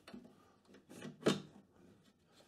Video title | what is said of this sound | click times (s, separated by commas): #45 [Fabrication] – Un meuble de salle de bain en sipo / on fabrique un tiroir... | C'est clipsé. | 0.1 s